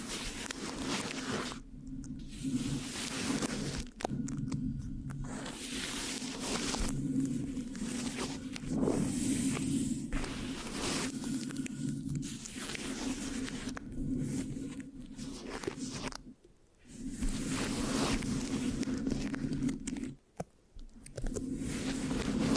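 Dense, gritty scratching on the microphone continues in long stretches, broken by short pauses every few seconds. A steady low hum sits underneath the whole time. The sound nearly cuts out around 16 and 21 seconds before the rough rubbing resumes.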